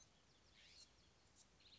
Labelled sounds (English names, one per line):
California Scrub-Jay